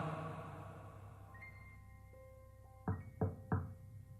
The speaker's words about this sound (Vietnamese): Tiếng gõ cửa xe của Tí làm cho Lan giật mình.